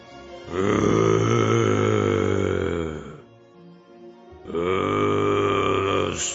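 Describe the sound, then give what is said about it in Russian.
A person imitates, with their voice, a bear in a folk tale growling at a little hut: two long, loud, rough low rumbles, each lasting a few seconds, separated by a brief pause. “Пошел медведь к избушке и зарычал.”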